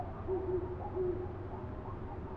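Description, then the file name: Great Horned Owl hoots: two soft, low notes close together, then a third after a pause, over steady low background noise. Recorded 15 October 2010 at 05:13. "20101015-0513 ghow-coyo"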